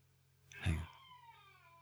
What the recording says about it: Can you hear the baby crying? The monitor is on in here. My son just woke up. He's almost one.